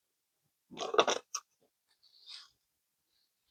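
A Glock 17 Gen 6 pistol with a newly mounted Streamlight TLR7 HL-X light is pushed into a light-bearing holster for the first time. Rough scraping and sliding sounds run from about 0.7 to 1.2 s, with a sharp knock at 1.4 s and a faint rub near 2.3 s. Nothing has seated or clicked yet: the gun does not lock in, as the light may not be compatible with the holster.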